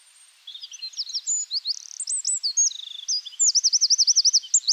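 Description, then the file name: Eurasian wren song, a hurried sequence of very high, sharply slurred notes, ending in a fast run of repeated looping trill notes, loud and ringing. "Troglodytes troglodytes"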